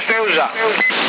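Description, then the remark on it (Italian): A CB radio transmission in Sassari, March 2020, through a modified set, with an echo effect that makes the signal come through stronger but repeats too much: a thin, band-limited voice comes through the speaker for about a second, steady and fairly loud, with a brief high tone near the end. “E adesso arrivi più forte di radio, perché c'è l'eco. Però ripete troppo, regolalo.”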